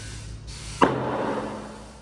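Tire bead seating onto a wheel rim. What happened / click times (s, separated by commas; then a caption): The tire bead popped onto the rim / 0.8 s. A tire being inflated on its metal wheel rim in a shop has its rubber bead seat onto the rim with a single sharp pop at 0.8 s. A steady hiss runs before the pop, then a broad ringing decay trails off over the next second. The bead is seated.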